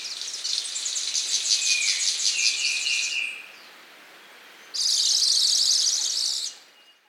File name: Trel pticy - CHeshujchataya rajskaya ptica Pteridophora alberti